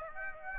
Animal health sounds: mosquito wingbeat signal from an infrared sensor; Aedes aegypti

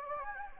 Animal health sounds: mosquito wingbeat signal from an infrared sensor; Anopheles gambiae

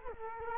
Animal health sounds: mosquito wingbeat signal from an infrared sensor; Culex quinquefasciatus

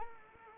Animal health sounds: mosquito wingbeat signal from an infrared sensor; Anopheles arabiensis

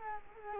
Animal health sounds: mosquito wingbeat signal from an infrared sensor; Culex quinquefasciatus

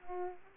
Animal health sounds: mosquito wingbeat signal from an infrared sensor; Aedes aegypti

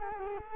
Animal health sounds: mosquito wingbeat signal from an infrared sensor; Culex quinquefasciatus

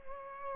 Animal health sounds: mosquito wingbeat signal from an infrared sensor; Culex pipiens

